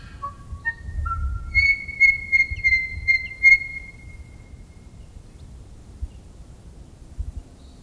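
Tui song: a short series of pure whistled notes at varied pitches, then a sustained high ringing whistle pulsing several times before fading into quiet.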